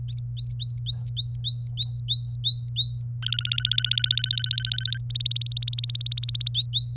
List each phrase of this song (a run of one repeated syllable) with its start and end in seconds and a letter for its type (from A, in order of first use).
0.09-3.02 A, 3.23-4.98 B, 5.10-6.50 C, 6.54-6.95 A